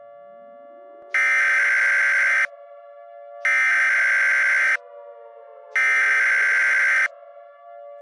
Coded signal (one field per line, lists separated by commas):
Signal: Emergency Alert System (SAME) tones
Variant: header bursts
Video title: EAS Mock 12: Inversion